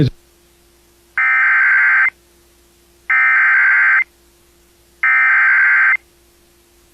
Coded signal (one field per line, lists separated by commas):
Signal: Emergency Alert System (SAME) tones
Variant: header bursts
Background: speech